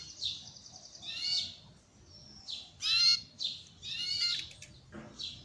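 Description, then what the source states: Belgian canary giving short bursts of high warbling and trilled notes separated by brief pauses. Copper-coloured Belgian canary.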